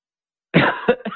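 An adult man gives one harsh cough burst followed by two shorter, weaker ones, all packed into about half a second.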